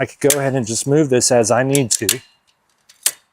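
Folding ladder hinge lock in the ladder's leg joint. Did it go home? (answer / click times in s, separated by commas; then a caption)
yes / 3.1 s. Someone talks, then moves the adjustable metal hinge joint in the leg of a folding step ladder. Faint small ticks follow, then a sharp, loud click at 3.1 s as the hinge locks into the next position.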